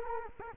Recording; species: mosquito wingbeat signal from an infrared sensor; Culex quinquefasciatus